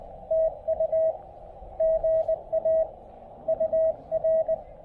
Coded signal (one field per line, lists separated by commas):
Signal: Morse code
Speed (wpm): 17 wpm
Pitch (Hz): 620 Hz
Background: radio noise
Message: TU GA UR